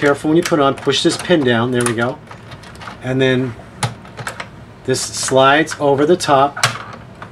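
Someone talks while handling a slide-on bracket on the frame of a Mighty Hoop tubular embroidery hoop support and work station, pushing a pin down and sliding the piece over the top. Brief handling ticks and knocks come between the speech, around 3.8 to 4.4 s and again near 7.2 s. Nothing has seated or snapped into place yet.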